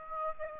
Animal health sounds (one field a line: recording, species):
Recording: mosquito wingbeat signal from an infrared sensor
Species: Aedes aegypti